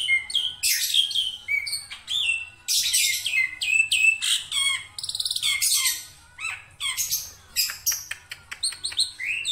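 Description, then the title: Black-winged myna song: dense, scratchy phrases of grating bursts and clicks mixed with high whistled notes, almost without pause. Dense, highly varied song of an actively singing bird, used as a master recording for training songbirds. "Kicauan Rapat Jalak Putih Gacor Banyak Variasi Untuk Masteran"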